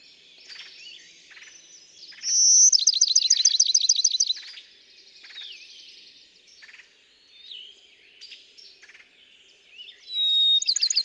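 Bachman's sparrow singing a clear, steady whistle that breaks into a fast, even trill, given twice, over a chorus of quieter chirping birds.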